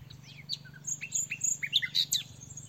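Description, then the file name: Common nightingale delivering a quick jumble of slurred whistles and sharp high notes, rising and falling in pitch, over a steady faint low hum. "Luscinia megarhynchos"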